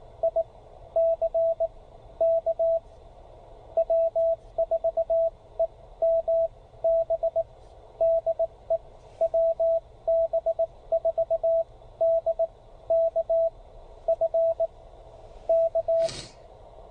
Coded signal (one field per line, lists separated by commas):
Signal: Morse code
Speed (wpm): 18 wpm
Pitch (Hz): 690 Hz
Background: radio noise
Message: ICK W4EMB DE WB4DKF K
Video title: A few QRP rigs just because. KX1, KX2, KX3, and Penntek TR45L